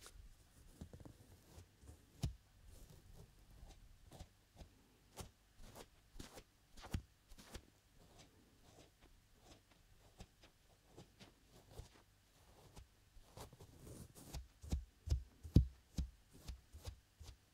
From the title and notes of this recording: ASMR Ear Lotion Ear Cleaning Ear Cupping Ear Massage (3Dio).